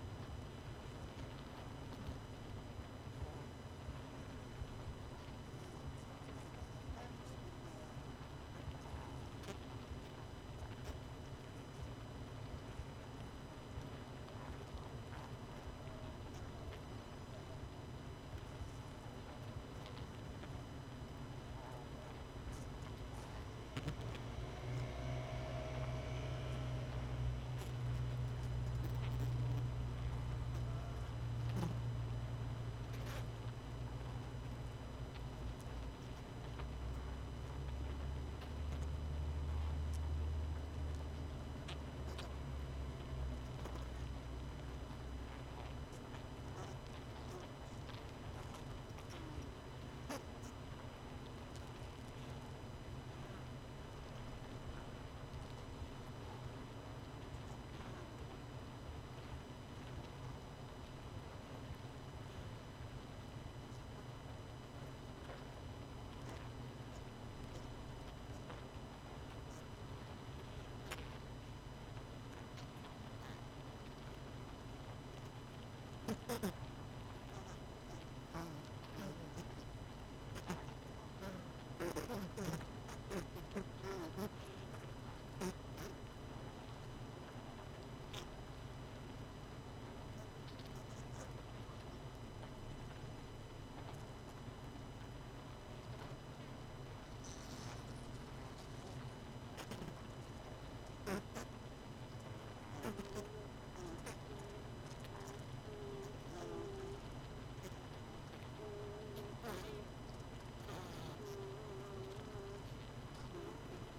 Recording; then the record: honeybee colony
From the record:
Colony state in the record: missing queen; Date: 31 May 2018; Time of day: 20:42